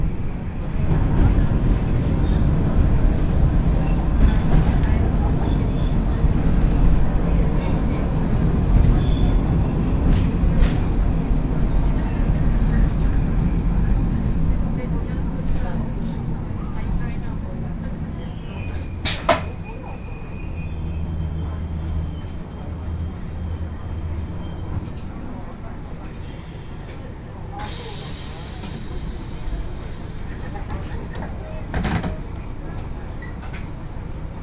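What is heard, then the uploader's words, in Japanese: A train ride on the Yodo Line from Uwajima toward Chikanaga, with a steady low rumble of the carriage throughout and occasional voices. Short sharp clicks and squeals cut in around 19 and 32 seconds, and a bright high whine rises near 28 seconds. 鉄道旅 予土線 宇和島→近永。キハ５４のロングシートにもう1両トロッコ車両がついていますが、こちらは途中の江川崎から乗車可能で、それに乗る人たちで混雑しています。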